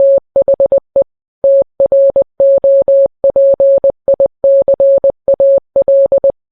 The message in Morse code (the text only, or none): THE TROPICAL